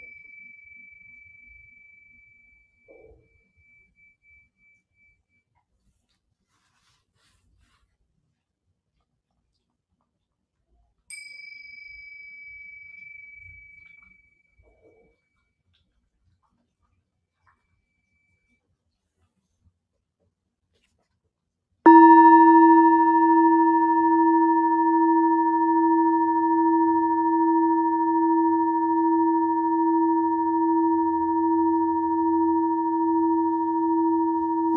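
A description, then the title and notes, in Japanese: A singing bowl rings out: a soft high tone fades away over the first few seconds, and a second strike near eleven seconds rings and decays. After a long silence, at about twenty-two seconds, a louder, lower tone begins and holds steady, gently pulsing as it sustains. メキシコから シンギングボウルのサウンドヒーリング。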